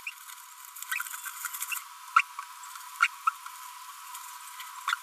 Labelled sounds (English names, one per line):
Green-rumped Parrotlet babbling